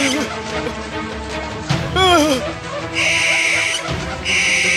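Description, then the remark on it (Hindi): An owl with frightening eyes, hovering overhead, hoots in a brief, wavering, tremulous cry midway through, set among a murky bed of rustling noise and bursts of harsh, hissing static. “एक खौफनाक आंखों वाला उल्लू उसके ऊपर मंडरा रहा था”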